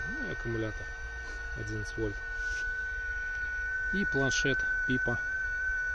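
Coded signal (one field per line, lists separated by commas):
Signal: FT8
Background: speech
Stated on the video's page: FT8 QRP field activity using a (tr)uSDX transceiver, PIPO and a dipole antenna.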